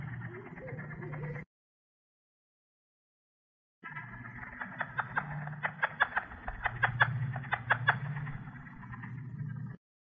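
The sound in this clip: Plains leopard frog calling with a rapid series of short, guttural chuckling pulses, clustered and irregular, beneath a low steady rumble, with a brief silent gap early on.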